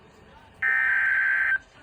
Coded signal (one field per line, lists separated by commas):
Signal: Emergency Alert System (SAME) tones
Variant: header bursts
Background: speech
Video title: EAS #356 (Severe Thunderstorm Warning)